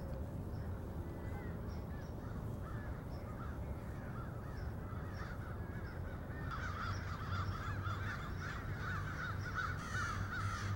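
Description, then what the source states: Crows cawing, faint and scattered at first, then a dense overlapping chorus of harsh caws in the second half over a steady low rumble. Several crows.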